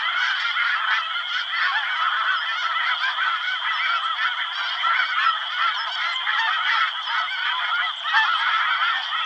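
Snow goose flock calling, a dense, steady chorus of nasal, yelping honks overlapping without pause for the whole stretch.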